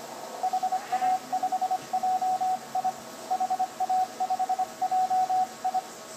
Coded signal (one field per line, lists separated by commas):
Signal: Morse code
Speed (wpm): 24 wpm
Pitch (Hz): 720 Hz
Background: radio noise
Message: HA5JI HA5JI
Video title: finsh cut down cw #py1ax #cw #test